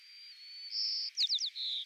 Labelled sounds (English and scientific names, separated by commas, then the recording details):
White-crowned Sparrow (Zonotrichia leucophrys) song
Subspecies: nuttalli
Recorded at Gualala, California, in 2014
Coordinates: 38.757, -123.517
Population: north
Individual GUA_male2_14